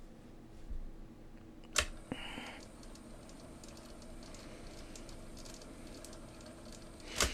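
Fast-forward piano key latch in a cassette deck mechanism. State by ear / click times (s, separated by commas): not seated / none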